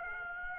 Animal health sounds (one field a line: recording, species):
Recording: mosquito wingbeat signal from an infrared sensor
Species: Aedes aegypti